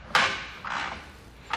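The cable of a Lippert ToyLok stake-pocket-mounted retractable cable lock is pulled to release the ratchet catch inside its nylon housing, producing clicks at 0.2, 0.7 and 1.5 seconds. The catch releases and the cable feeds back into the housing.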